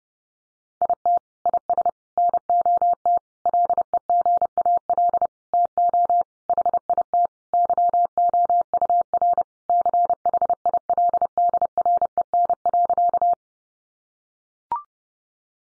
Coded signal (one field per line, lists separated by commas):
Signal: Morse code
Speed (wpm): 30 wpm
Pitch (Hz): 700 Hz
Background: none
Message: IT IS NOT LEGAL TO HIT YOUR CHILDREN.